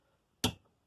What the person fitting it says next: There's click.